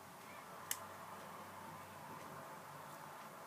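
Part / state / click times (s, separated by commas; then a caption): plastic blanking plug into mobile phone housing / seated / 0.7 s. A small plastic blanking plug is slid into a Nokia 5200 phone housing during reassembly, with care taken because it can crack easily. A single sharp, short click at 0.7 s marks the plug snapping in, over a low, steady background. The plug is seated and fine.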